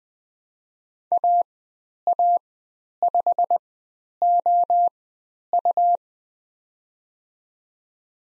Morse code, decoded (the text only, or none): AA5OU